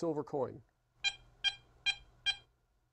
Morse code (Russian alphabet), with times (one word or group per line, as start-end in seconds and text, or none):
none